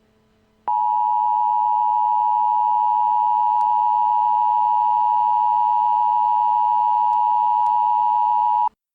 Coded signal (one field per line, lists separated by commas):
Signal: Emergency Alert System (SAME) tones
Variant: 853 and 960 Hz attention tone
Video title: EAS scenario #1: It lurks